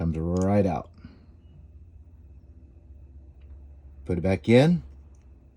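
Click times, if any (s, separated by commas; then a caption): none. A wiring harness connector is pulled off a Toyota ignition coil and handled as it is about to be pushed back onto the coil. Someone talks at the start and again near the end, with only faint handling noise in between. Nothing has seated or clicked yet.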